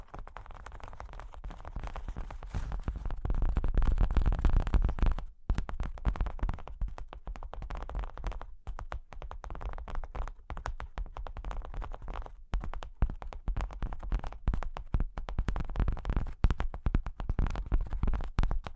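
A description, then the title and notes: Dense, fast tapping and scratching on cork and wood, with a low rumbling rub that swells in the first five seconds before cutting out abruptly. After that, quicker dry taps and scrapes come in uneven flurries, broken by brief silences near 8 and 12 seconds. ASMR Sleepy Cork and Wood Tapping, Scratching, Tracing (No Talking).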